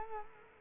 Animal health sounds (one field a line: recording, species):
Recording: mosquito wingbeat signal from an infrared sensor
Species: Culex quinquefasciatus